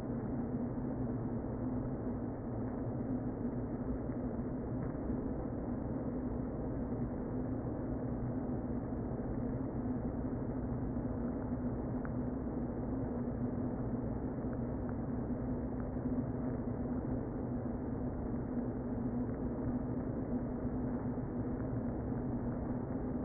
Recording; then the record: honeybee colony, microphone inside the hive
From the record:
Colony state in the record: queen present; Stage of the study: before two queens were removed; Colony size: about 60,000 bees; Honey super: yes